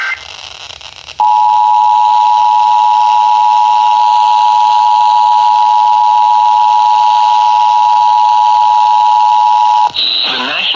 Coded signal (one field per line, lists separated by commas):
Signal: Emergency Alert System (SAME) tones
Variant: 853 and 960 Hz attention tone